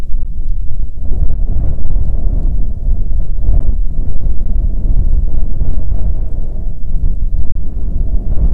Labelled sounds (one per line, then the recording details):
wind
rain
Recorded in the Prudhoe Bay oil fields, Alaska, on 5 June 2019 at 00:02
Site 13